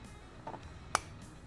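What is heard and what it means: A small retaining part is pressed by hand into a YFZ450 engine assembly during reassembly. Faint soft knocks come at about 0.5 s, then a single sharp, bright click at 1.0 s. The part is still not all the way in.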